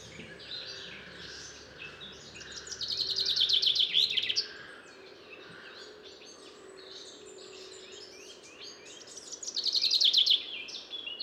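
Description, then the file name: Common chaffinch singing two songs about seven seconds apart, each a bright trill, with steady background noise between them. "Fringilla coelebs"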